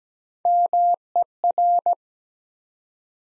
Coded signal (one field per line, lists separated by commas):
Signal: Morse code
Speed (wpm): 17 wpm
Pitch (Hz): 700 Hz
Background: none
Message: MER